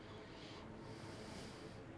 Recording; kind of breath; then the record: one breath in and out by a microphone near the nose and mouth; normal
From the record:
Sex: male